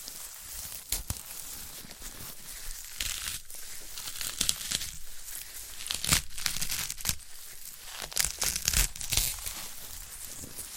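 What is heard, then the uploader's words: Handling of a sprouted coconut: dry crinkling, tearing and crunching sounds that are bright and hissy, coming in quick irregular bursts. Sharp louder snaps stand out around 1, 6, 7 and 9 seconds, with a softer rustling bed between them. ASMR of a Sprouted Coconut (No Talking).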